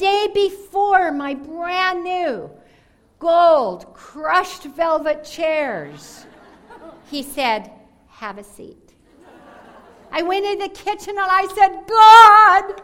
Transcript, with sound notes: before my brand new gold, crushed velvet chairs and said, “Have a seat.” (laughter) I went into the kitchen, and I said, “God,